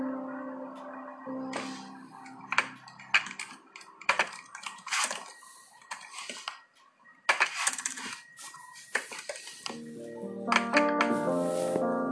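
Soft piano notes hold in the background at the start and return, fuller and brighter, near the end. In between come irregular crisp scratches, rustles and taps, dense around 2–5 seconds and again around 7–9 seconds, with brief near-silent gaps.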